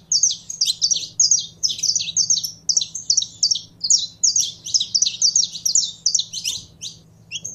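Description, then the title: Belgian canary song, quick high twittering phrases rolling on almost without break, faint low hum beneath. Song of a pure Belgian canary. "Canto Do Canário Belga Puro"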